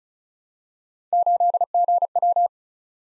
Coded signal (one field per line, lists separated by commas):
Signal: Morse code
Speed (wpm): 36 wpm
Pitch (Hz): 700 Hz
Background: none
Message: 8GW